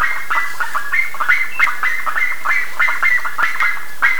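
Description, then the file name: Bird calls, a series of short nasal notes, some rising slightly. "SABIOD 50 bird 2015"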